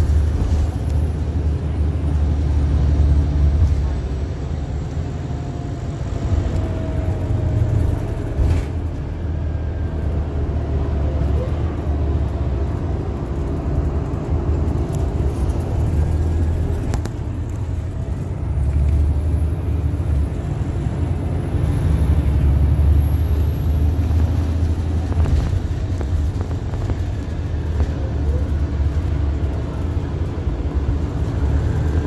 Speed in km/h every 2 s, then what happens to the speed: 52, 47, 39, 35, 31, 23, 21, 27, 27, 34, 39, 42, 35, 26, 16, 18.
0-9 slows to 23. 13-20 speeds up to 39. 23-27 brakes to 16.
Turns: none.